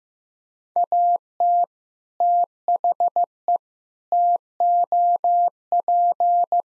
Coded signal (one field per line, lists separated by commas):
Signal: Morse code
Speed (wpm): 15 wpm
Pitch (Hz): 700 Hz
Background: none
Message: AT THE TOP